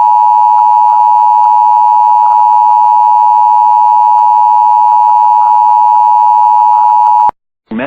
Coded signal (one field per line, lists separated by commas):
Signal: Emergency Alert System (SAME) tones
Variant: 853 and 960 Hz attention tone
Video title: Top 5 SCARIEST Emergency Alerts.